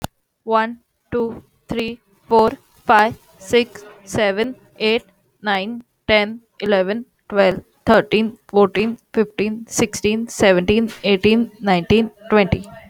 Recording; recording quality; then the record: counting at a normal pace; excellent, no background noise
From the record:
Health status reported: healthy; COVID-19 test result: not tested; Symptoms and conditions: none ticked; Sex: female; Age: 20 years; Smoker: not ticked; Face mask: not worn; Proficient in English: yes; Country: India